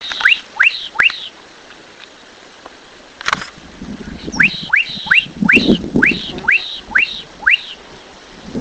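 Bird song of sharp, quickly rising whistled notes: three at the start, then a pause and a run of about eight more, roughly every half second.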